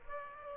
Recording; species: mosquito wingbeat signal from an infrared sensor; Aedes aegypti